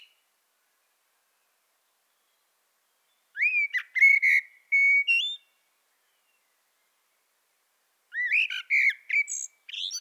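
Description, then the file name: Common blackbird song in two phrases a few seconds apart, each of mellow whistles around one pitch, the first ending in thin, squeaky twittering. "Turdus merula"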